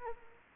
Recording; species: mosquito wingbeat signal from an infrared sensor; Anopheles arabiensis